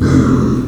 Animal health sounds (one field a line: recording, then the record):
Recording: squeal of a Yucatan mini pig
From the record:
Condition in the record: after surgery on the right vocal fold (resection and tissue-engineered implant)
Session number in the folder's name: 11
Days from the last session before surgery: 98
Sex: female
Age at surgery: 19 weeks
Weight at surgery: 25 kg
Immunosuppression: prednisolone